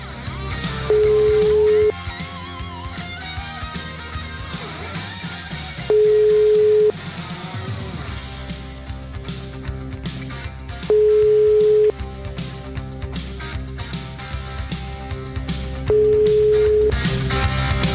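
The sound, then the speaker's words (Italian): A telephone ringback tone on the line: a steady mid-pitched beep lasting about a second, repeating four times at roughly five-second intervals over a continuous background of music. “Lascia squillare il telefono intanto.”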